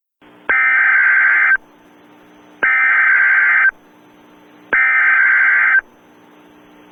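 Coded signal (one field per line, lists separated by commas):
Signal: Emergency Alert System (SAME) tones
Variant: header bursts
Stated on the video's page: Fictional EAS scenario.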